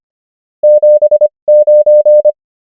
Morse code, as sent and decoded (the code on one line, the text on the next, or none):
--... ----.
79